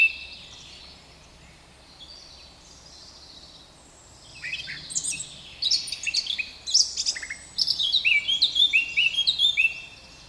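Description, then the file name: Eurasian blackcap song: a soft, quiet warble for about four seconds, then a scratchy chattering warble breaking into loud, clear fluted whistles. "Sylvia atricapilla"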